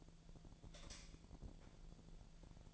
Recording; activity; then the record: daily activity, microphone in the room; light off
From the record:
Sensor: 5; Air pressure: 1009.8 hPa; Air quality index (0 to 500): 160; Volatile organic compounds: 4 ppm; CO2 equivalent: 1557 ppm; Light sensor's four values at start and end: 157/400/167/178 and 156/397/166/177